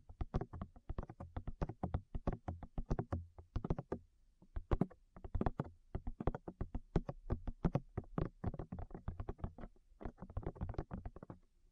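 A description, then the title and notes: Rapid tapping on the ears, a continuous run of short, dull knocks with soft low thuds beneath. The taps come in quick irregular bursts, several per second, with brief pauses near 4 seconds and 9 seconds before the pattern resumes. ASMR Tap Your Ears 3Dio (No Talking).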